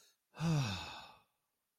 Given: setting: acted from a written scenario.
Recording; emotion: vocal sound without words; relief